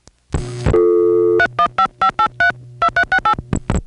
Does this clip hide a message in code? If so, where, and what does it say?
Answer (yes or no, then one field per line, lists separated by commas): yes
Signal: DTMF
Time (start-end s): 1.4-3.3 s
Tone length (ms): 80 ms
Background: music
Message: 3155832368